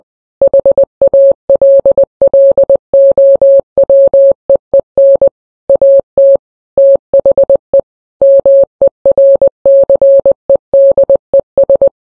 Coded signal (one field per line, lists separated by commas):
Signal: Morse code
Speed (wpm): 20 wpm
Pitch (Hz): 550 Hz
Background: none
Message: HALLOWEEN AT THE MERCEDES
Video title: A Secret Message In Morse Code